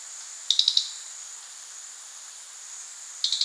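Crested jay uttering a quick rattle of four clicking notes, then a pause and another rattle starting at the end, over steady hiss.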